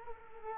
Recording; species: mosquito wingbeat signal from an infrared sensor; Culex quinquefasciatus